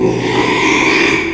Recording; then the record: squeal of a Yucatan mini pig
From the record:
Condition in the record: after surgery on the right vocal fold (resection and tissue-engineered implant); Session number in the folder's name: 1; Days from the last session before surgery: 6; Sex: male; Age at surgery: 12 weeks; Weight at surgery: 13 kg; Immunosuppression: cyclosporine, prednisolone